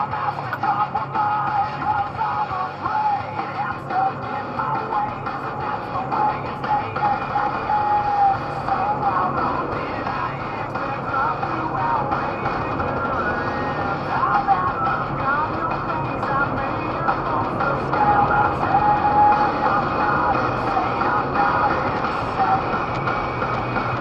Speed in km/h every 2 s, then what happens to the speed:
0, 0, 13, 21, 34, 40, 50, 53, 59, 66, 72, 72.
0-3 standing. 3-24 pulls away to 72.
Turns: none.